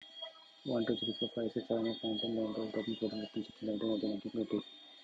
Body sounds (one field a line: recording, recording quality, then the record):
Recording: counting at a fast pace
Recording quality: poor, much background noise or distortion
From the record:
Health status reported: healthy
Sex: male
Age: 25 years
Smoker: no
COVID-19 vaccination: both doses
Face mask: worn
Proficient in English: yes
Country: India